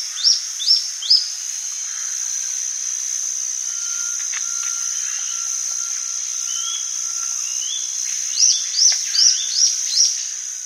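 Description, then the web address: Rufous-tailed antwren giving short series of high, arched notes at the start and again near the end, over a constant high-pitched insect drone. South America. "Natures Songs S America Rufous-Tailed Antwren"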